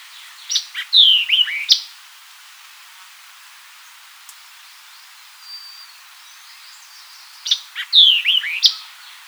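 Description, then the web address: White-eyed vireo song: a quick, snappy phrase of sharp chips and slurred descending whistles, given twice about seven seconds apart, with quiet pauses between. Recorded 4 January 2007. "White-eyed Vireo 2007 01 04"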